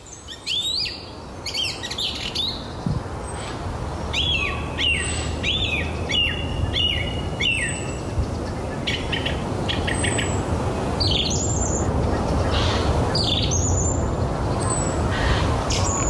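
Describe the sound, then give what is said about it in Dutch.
A song thrush in Geesterambacht near Koedijk, above Alkmaar, Netherlands, sings loudly, repeating varied bright phrases and mimicking other birds' calls, with short sharp notes and whistles over a steady low rumble of background noise. “In Geesterambacht bij Koedijk, boven Alkmaar, hoort ze een zanglijster uit volle borst allerlei andere vogels imiteren.”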